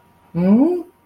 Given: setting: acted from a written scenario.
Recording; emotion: vocal sound without words; confusion